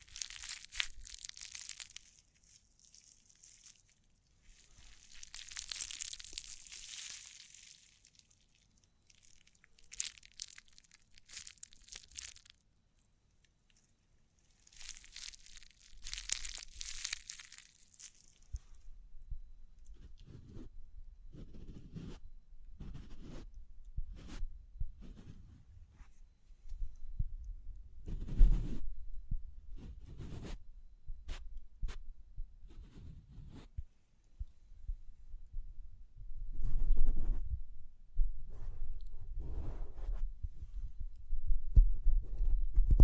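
Tapping, scratching, brushing and crinkling sounds in changing bursts. The first fifteen seconds hold bright, hissy brushing and crinkling in waves around two, seven and sixteen seconds. After about twenty seconds, duller thumps and taps take over, irregular and frequent, with scratchy rustles between.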